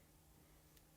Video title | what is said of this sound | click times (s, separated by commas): Acrylic Blank Vent Clip Tutorial | So you go front to back a few times, you'll hear the wire clicking together at the tip. | 0.8 s